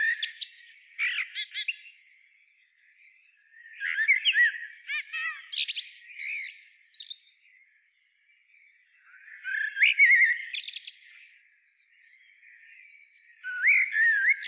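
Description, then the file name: Eurasian blackbird song: several bursts of mellow whistles mixed with shrill twittering, a few seconds apart with quiet gaps between. "Turdus merula"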